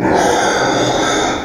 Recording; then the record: squeal of a Yucatan mini pig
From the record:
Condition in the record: before surgery on the right vocal fold (resection and tissue-engineered implant); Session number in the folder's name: 1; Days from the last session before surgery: -21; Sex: female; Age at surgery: 19 weeks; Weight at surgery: 25 kg